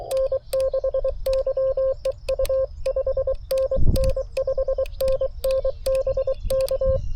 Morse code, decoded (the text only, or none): N6YEU 5NN 5NN BK